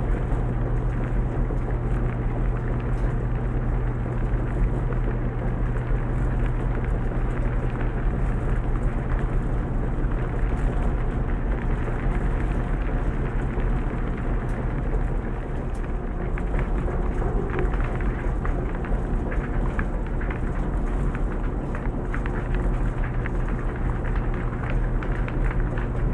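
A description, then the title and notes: A washer and dryer run steadily in a laundry room, a constant low mechanical hum with a strong deep drone underneath. The texture stays dense and even throughout, with faint rattles and tumbling clicks scattered across the higher range and no clear breaks. Laundry Room on Rainy Night. Washer & Dryer Sounds.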